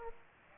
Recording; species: mosquito wingbeat signal from an infrared sensor; Aedes aegypti